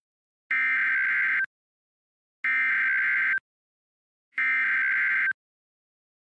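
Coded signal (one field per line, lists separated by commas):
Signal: Emergency Alert System (SAME) tones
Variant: header bursts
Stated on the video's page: Fictional EAS scenario.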